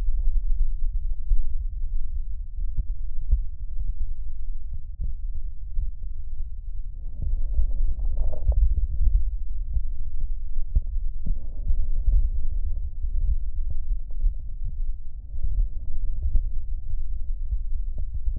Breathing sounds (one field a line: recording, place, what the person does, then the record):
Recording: lung sounds by stethoscope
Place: right posterior basal chest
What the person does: quiet breathing, then deep breathing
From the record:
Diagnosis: asthma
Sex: female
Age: 72 years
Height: 160 cm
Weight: 63.4 kg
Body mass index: 24.8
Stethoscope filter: extended mode